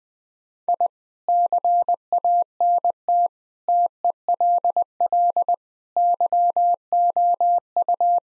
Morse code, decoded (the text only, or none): I CANT TELL YOU